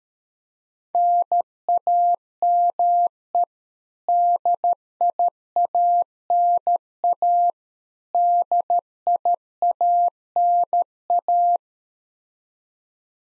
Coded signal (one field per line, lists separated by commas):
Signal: Morse code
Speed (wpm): 13 wpm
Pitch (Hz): 700 Hz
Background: none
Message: NAME DIANA DIANA